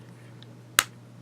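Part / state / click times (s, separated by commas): pen cap onto fountain pen body / seated / 0.8 s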